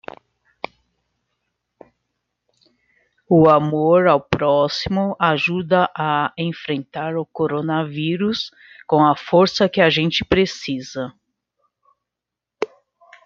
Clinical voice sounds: spoken sentence; Brazilian Portuguese; female; 50 to 59 years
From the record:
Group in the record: control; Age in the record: 51 years

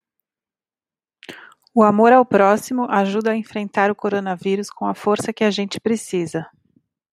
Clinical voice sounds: spoken sentence; Brazilian Portuguese; female; 40 to 49 years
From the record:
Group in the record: control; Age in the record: 44 years

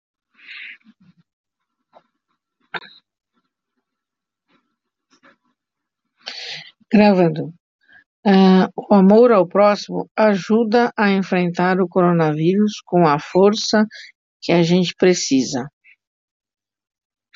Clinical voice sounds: spoken sentence; Brazilian Portuguese; female; 60 to 69 years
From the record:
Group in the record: control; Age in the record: 60 years

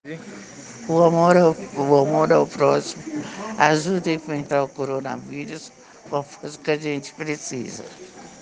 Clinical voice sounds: spoken sentence; Brazilian Portuguese; female; 60 to 69 years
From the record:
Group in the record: respiratory insufficiency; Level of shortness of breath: 5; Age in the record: 63 years

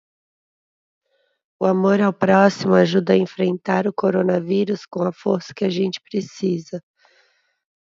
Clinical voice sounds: spoken sentence; Brazilian Portuguese; female; 30 to 39 years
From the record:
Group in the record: control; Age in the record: 37 years

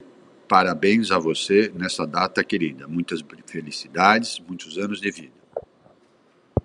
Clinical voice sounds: short text; Brazilian Portuguese; male; 50 to 59 years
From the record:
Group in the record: control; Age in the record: 58 years

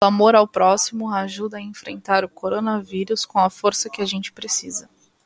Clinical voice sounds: spoken sentence; Brazilian Portuguese; female; 20 to 29 years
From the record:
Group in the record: control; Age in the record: 24 years

